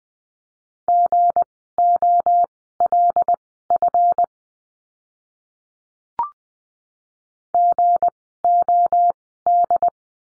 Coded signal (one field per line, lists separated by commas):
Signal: Morse code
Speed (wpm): 20 wpm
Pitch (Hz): 700 Hz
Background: none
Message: GOLF GOD